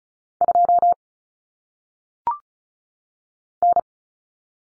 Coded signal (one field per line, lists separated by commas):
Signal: Morse code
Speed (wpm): 36 wpm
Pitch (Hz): 700 Hz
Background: none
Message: 2 N